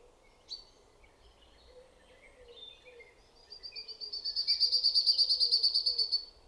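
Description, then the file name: Common chaffinch: a few scattered soft notes, then a fast, steady run of bright high chirps that grows louder for about a second and holds for nearly two more before stopping. "Fringilla coelebs"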